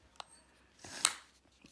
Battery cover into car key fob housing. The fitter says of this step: clips back in on top there's a little tab on the bottom there poke that in clicks